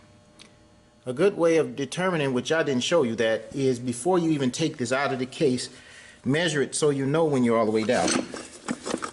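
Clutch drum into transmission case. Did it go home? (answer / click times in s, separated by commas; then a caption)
yes / 8.7 s, 9.0 s. A clutch drum is rotated down into a 4R75W/4R75E/4R70W automatic transmission case while someone talks. Metal-on-metal knocks at 8.7 s and 9.0 s mark the drum dropping all the way down, fully seated.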